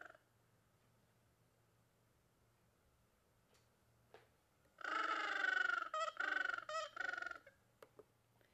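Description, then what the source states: Gentoo Penguin call: after a long quiet stretch, a harsh, pulsing bray breaks into several choppy bursts. Easily observed on sub-Antarctic islands of the South Atlantic and on the Antarctic Peninsula.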